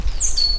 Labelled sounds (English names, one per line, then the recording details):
Stitchbird song
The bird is a male
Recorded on Tiritiri Matangi Island, New Zealand, in 2005
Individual 20, of nest box 28